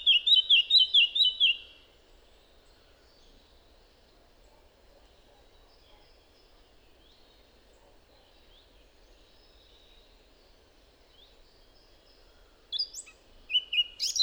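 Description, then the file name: Eurasian blackcap song, a brief loud warbled phrase, then about eleven seconds of faint background before another short phrase begins. "Sylvia atricapilla"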